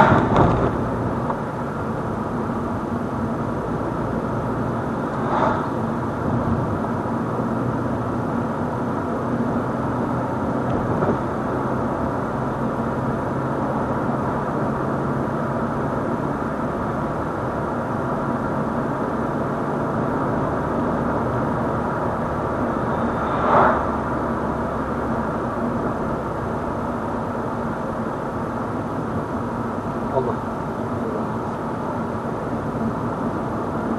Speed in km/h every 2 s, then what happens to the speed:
41, 42, 42, 43, 45, 46, 48, 51, 52, 52, 54, 54, 47, 43, 40, 38, 40.
0-23 speeds up to 54. 23-29 slows to 38.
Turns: none.